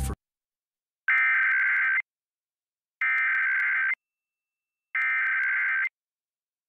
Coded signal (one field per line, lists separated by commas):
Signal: Emergency Alert System (SAME) tones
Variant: header bursts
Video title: 2023 National EAS Test on Tampa Bay local TV stations